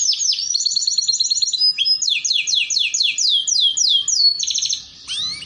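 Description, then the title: Canary song, fast rolling trills of repeated high notes switching between buzzy tours and sweeping slurred syllables, ending in a brief pause and a final whistled note. Belgian canary song used to warm up, lure and train canaries, a master song for young canaries learning to sing. "Canto Para Esquentar Canário Belga. Terapi Pancingan Suara Kenari Gacor || Masteran Kenari Paud Belajar Bunyi"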